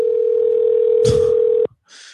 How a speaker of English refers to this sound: Well, this is a good number. I like just rings and rings and rings. Sometimes that ring came right up from underneath.